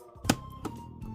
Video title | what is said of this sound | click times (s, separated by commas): LEGO Game Boy Review! [HAPPY 1.500 SUBS!] | So, let's do the click inside. Ready? | 0.3 s